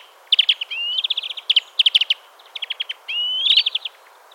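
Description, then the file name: European greenfinch trilling in fast chip series, twice interrupted by a drawn-out rising wheeze, phrases tumbling close together. "Chloris chloris"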